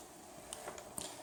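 The folded stem of a Zero 10 electric scooter is raised and pushed up with some weight into its folding latch. Sharp metallic ticks sound at 0.5 s and 1.0 s, with a softer tick between them. The latch is only partly engaged: the stem is not fully home.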